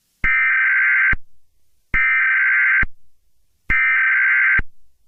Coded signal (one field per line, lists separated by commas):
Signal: Emergency Alert System (SAME) tones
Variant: header bursts